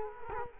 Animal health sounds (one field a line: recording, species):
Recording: mosquito wingbeat signal from an infrared sensor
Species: Culex quinquefasciatus